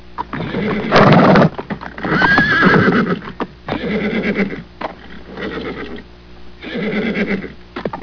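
Horse whinnying repeatedly, shaky calls with a trembling upper tone, with soft hoof-like clops between calls.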